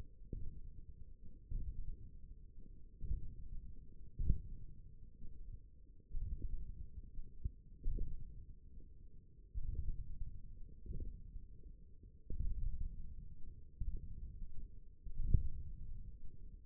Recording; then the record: forearm muscle sounds (acoustic myography)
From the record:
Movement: radial deviation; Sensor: system 1, eight BSWA MPA416 microphones around the upper forearm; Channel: 4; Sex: male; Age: 28 years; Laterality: right